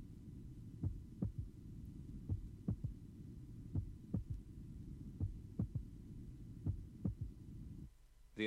A more narrowly split first heart sound is now illustrated. 22-year-old man taken at the apex during expiration. A loud physiological third heart sound is audible after the second sound.